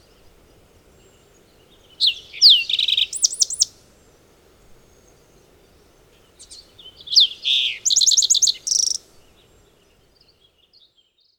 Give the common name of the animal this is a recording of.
Green-tailed Towhee